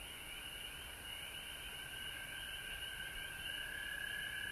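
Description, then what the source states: Many frogs call together, with quick repeated chirping notes layered over a continuous shrill trill that swells slightly near the end. Frogs recorded at home in Georgia on March 19, 2020.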